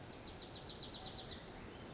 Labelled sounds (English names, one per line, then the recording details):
Bewick's Wren
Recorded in Sonoma County, California